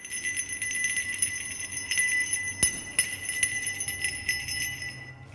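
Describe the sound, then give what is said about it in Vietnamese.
A small brass hand bell held up in the hand and shaken in a steady jingling rhythm. Bright, high metallic ringing tones overlap continuously, with a few sharper strikes standing out, and there are no voices. “Bà Hoa rút ra một cái chuông đồng nho nhỏ, cầm ở trong tay, giơ giơ lên mà lắc.”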